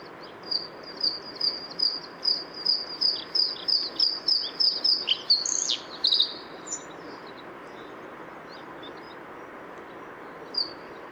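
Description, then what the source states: Bluethroat song: a fast run of many repeated high ringing notes, then a brief varied twittering flourish, with a soft steady background hiss. Recorded 6 April 2014 at Isarmündung, the Isar river mouth, in the Deggendorf district.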